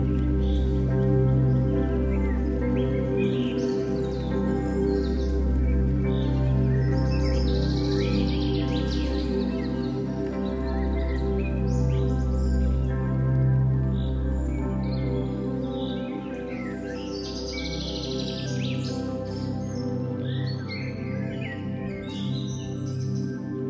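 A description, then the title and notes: Gentle sustained music pads hold a steady, warm drone beneath a dense scatter of rain forest birdsong. Quick chirps and tweets flicker brightly throughout, while the low music swells slightly and eases toward the end. Gentle pads, music and the sounds of birds of the rain forest comprise this soundscape for sleep.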